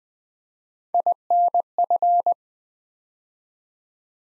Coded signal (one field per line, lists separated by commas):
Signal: Morse code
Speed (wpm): 20 wpm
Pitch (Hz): 700 Hz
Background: none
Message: INF